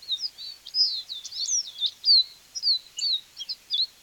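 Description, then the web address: Rufous-rumped seedeater giving a rapid warbled song of sweet upslurred and downslurred whistles, dense at first, then breaking into spaced chirpy notes. "Sporophila hypochroma - Capuchino castaño"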